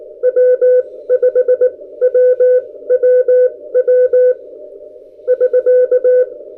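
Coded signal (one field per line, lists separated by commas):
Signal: Morse code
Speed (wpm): 20 wpm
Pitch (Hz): 500 Hz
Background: none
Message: W5WWW <SK>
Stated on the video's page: Morse keyed on a newly reviewed VK6 paddle, tested for spacing and compared against a Bencher during a first contact.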